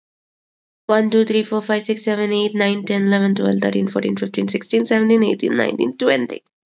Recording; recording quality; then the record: counting at a fast pace; excellent, no background noise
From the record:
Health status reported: COVID-19 positive, mild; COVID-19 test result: positive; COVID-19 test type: RT-PCR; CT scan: not taken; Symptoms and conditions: cold, fever, fatigue, muscle pain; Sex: female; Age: 30 years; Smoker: no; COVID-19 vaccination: both doses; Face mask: not worn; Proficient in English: yes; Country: India